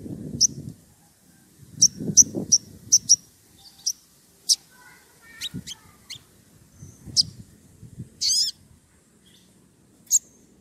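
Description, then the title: Oriental magpie-robin song of sharp, high chirps repeated in short bursts, mixed with lower whistles and a buzzy note, over intermittent low rustling. Lively, constantly singing bird whose song is played as a lure so that other magpie-robins answer. "Pancingan Suara Siulan Kacer Gacor Mantap Untuk Memancing Kacer Lain Agar Mau Nyaut Bunyi"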